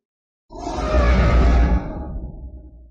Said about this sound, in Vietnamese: Tiếng gầm thét trầm thấp như tiếng sấm, làm cho máu huyết trong cơ thể con người sôi trào cả lên.